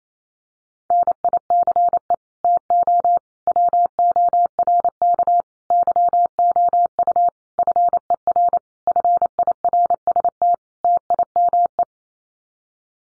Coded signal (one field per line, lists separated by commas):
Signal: Morse code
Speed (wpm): 28 wpm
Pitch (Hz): 700 Hz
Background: none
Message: NICE TO WORK YOU FER FIRST TIME